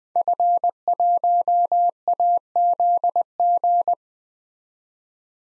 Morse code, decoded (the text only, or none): F1AZG